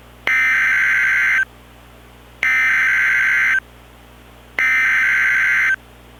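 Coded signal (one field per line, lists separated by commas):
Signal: Emergency Alert System (SAME) tones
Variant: header bursts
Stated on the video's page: Mock EAS scenario for a fictional place, a contaminated food alert followed by a double-header contaminated water warning.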